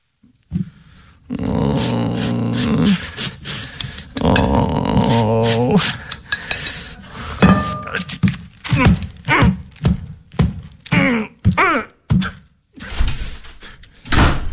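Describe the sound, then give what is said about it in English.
Drugs get knocked onto the floor in LA Theater Works' production of Kenneth Lonergan's play This Is Our Youth: a rough, sustained scraping and rattling gives way to a string of loud, irregular thuds and clatters, with no one speaking. “I knocked the drugs on the floor.”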